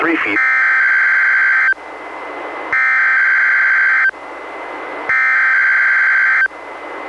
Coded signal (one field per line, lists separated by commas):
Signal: Emergency Alert System (SAME) tones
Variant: header bursts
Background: speech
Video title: EAS #604: NWR Required Weekly Test- Feb. 9, 2022- 11:00AM PST